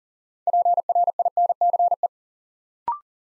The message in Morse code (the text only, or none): PRINCE